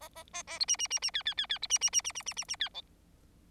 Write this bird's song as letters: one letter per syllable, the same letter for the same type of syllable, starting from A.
A A A A B C C C C D D D D B C C C C C C C C D E